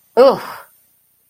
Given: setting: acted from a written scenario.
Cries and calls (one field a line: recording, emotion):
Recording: vocal sound without words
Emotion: negative surprise